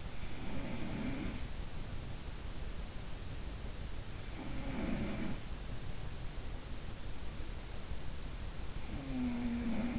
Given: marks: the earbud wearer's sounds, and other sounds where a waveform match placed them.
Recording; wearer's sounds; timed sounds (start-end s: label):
sounds in sleep by an in-ear microphone; snoring breath
0.00-2.35 s: snoring breath
4.42-5.58 s: sound from someone else or the room
8.85-9.99 s: sound from someone else or the room